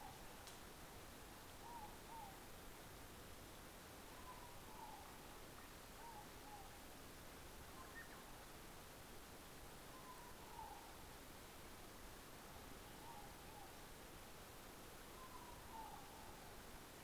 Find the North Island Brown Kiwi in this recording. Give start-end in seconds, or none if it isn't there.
none